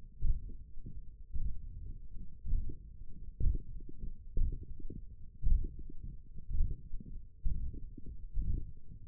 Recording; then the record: forearm muscle sounds (acoustic myography)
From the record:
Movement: hook grip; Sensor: system 1, eight BSWA MPA416 microphones around the upper forearm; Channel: 4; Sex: male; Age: 21 years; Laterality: right